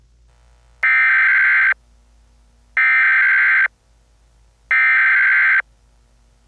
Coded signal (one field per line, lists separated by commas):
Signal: Emergency Alert System (SAME) tones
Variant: header bursts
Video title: EAS Scenario #58: DON'T ANSWER